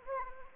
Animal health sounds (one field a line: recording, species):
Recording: mosquito wingbeat signal from an infrared sensor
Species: Anopheles gambiae